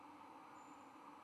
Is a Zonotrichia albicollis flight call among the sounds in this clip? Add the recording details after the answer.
no. No flight call is heard. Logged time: 22:04 on 23 November 2014